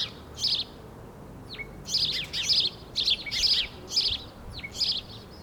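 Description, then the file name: House sparrow chirping loudly, a series of harsh, clipped notes in quick succession with a couple of thin downslurred calls between. "Passer domesticus"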